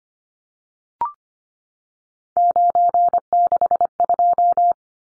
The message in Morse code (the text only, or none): 962